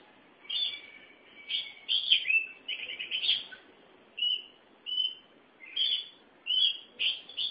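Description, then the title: Oriental magpie-robin singing rich whistled phrases, a longer warbled passage first, then spaced short clear notes. "Suara Kicauan Burung Kacer Durasi Panjang"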